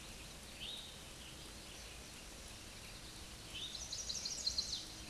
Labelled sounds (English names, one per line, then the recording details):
Black-and-white Warbler song
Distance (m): 25 m
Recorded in a Pennsylvania forest on 19 May 2023 at 10:32
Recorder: AudioMoth, point grid1_37_low
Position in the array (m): 70 m, 209 m